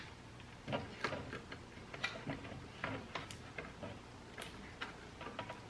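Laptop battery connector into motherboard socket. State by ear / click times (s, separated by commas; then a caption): not seated / none. A replacement battery for an ASUS ROG GL752VW DH71 laptop is handled white side up, its metal connector facing the motherboard socket, with light pressure. Scattered small ticks and plastic taps are heard, the sharpest at about 1.0 s. Nothing has clicked or seated yet.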